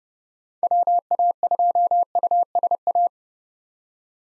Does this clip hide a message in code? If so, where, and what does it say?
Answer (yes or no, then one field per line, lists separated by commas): yes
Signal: Morse code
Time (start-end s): 0.6-3.1 s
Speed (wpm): 30 wpm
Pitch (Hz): 700 Hz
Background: none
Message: WA2USA